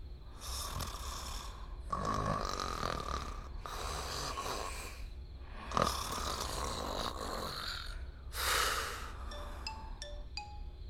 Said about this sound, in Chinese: 洗漱回来，…也打上了，不过比…强。此起彼伏的呼噜声里，…那个彼伏的。